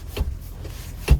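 A rear seatback in a 2023 Nissan Maxima SR is folded back up into place and pushed until its latch clicks into the car body striker. A softer knock comes at 0.2 s, then a sharp latch click at 1.1 s. The seatback is latched upright.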